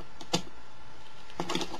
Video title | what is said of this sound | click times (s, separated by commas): Video Review of Classics 1.0 Bumblebee | you here it kind of pop into place | 0.3 s